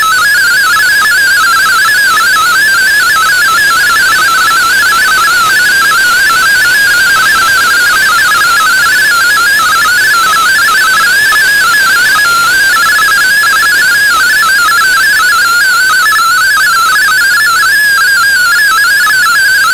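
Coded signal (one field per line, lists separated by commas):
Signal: multi-tone FSK (Olivia or MFSK type)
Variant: MFSK32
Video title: DigiDX digital MFSK32 broadcast on WRMI 15770Khz Shortwave Oct 9 2016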